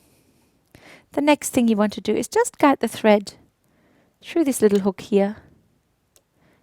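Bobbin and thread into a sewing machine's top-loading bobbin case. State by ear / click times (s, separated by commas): seated / 6.2 s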